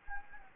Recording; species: mosquito wingbeat signal from an infrared sensor; Anopheles gambiae